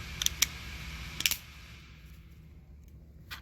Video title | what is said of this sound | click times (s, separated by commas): How to change the battery in your Mazda key fob | it back up snaps | 0.4 s, 1.3 s